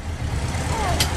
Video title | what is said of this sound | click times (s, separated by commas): BC Farm Museum International Harvester WD 9, 2018 | hear a click and that | 1.0 s